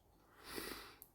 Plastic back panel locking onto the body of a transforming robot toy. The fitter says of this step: And lock into place.